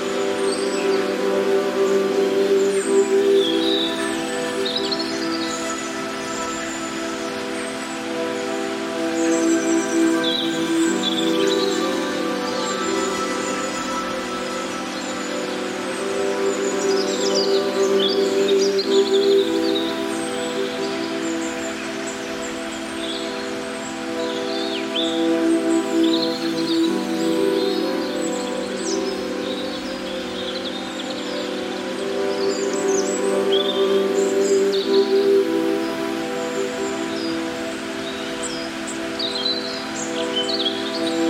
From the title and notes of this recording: Birds and River Music. The gentle flow of water and the harmonious melodies of birdsong create a natural soundscape.